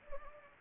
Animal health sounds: mosquito wingbeat signal from an infrared sensor; Anopheles gambiae

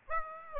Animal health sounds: mosquito wingbeat signal from an infrared sensor; Aedes aegypti

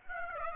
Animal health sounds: mosquito wingbeat signal from an infrared sensor; Aedes aegypti

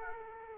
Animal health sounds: mosquito wingbeat signal from an infrared sensor; Aedes aegypti

